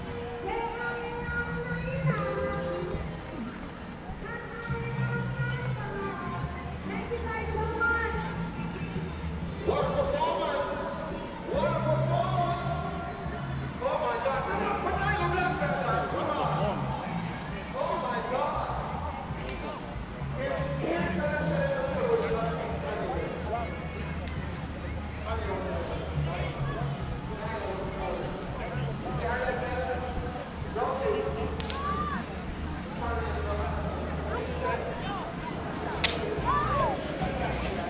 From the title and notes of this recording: Summer 2022 Hartford Connecticut Reggae Concert.